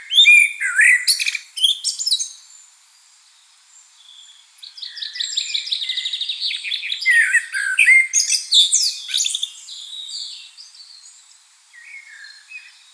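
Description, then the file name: Common blackbird singing several phrases of mellow whistles and rapid, shrill twittering, with short pauses between. "Turdus merula"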